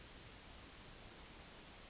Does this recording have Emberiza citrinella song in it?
yes